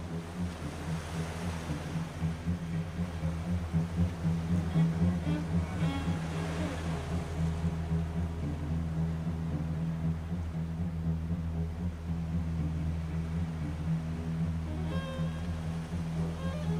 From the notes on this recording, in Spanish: muscia de cello con sonidos del mar